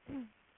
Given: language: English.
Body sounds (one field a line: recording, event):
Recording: throat vibration sensor signal played as sound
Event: throat clearing